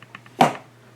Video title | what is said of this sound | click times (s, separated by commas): Airscale Pro 1-32 Hawker Typhoon Mk.1B Car Door in box review | I mean, you can hear the click right there, and it stays closed. | 0.4 s